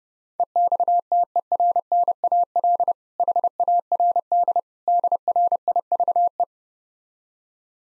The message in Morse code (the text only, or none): EXTERNAL HARD DRIVE